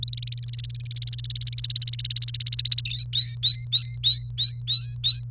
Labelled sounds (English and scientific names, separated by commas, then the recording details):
Domestic Canary (Serinus canaria) song
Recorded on 28 April 2018 at 06:31
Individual llb3